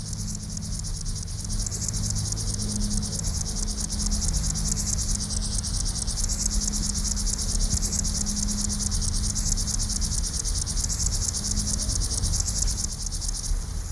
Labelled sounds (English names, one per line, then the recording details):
Upland Field Grasshopper
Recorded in the wild
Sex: male
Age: imago
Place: NSG Grössinsee, Sachsen-Anhalt, DE
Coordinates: 52.26, 13.13
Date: 1995-07-09 12:30
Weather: sonnig, 28°C
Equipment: Sony WM-D6C, Sennheiser ME 80, Kopie Uher 4000 Report Monitor
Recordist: Tembrock, Günter